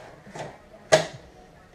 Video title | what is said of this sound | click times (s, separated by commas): $$$ fix for optiplex GX620 | should hear it lock like that | 0.9 s